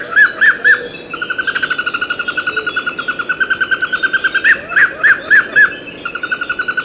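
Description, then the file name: Fire-footed rope squirrel calls: a few loud arched notes, then a long quick chattering run, then more loud arched notes, then another quick run, over insect hiss. Abidjan, Côte d'Ivoire. "Funisciurus pyrropus Dolly Minis Abidjan Macaulay Cornell"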